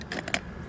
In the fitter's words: and that locks in place once you've got that locked